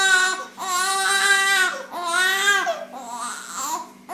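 Four high-pitched, strongly voiced cry bursts, each up to about a second long, separated by brief catch breaths, the last one softer and wavering. A newborn baby's ordinary crying, with a steady low hum in the background.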